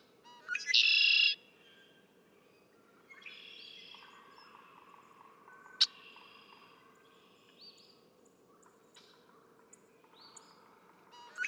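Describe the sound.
Red-winged blackbird song: sharp opening notes run into a loud, harsh, buzzy trill. Fainter similar songs and one sharp click follow, with a steady background hum.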